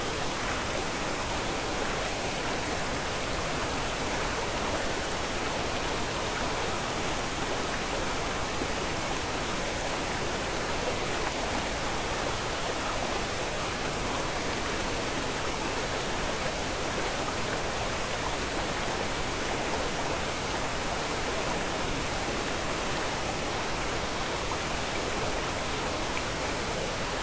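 A waterfall roars without pause, a dense, even rush of falling water that fills the upper and middle range with hiss and spray. Level holds constant across the whole clip, with no distinct splashes or other sounds standing out from the wash.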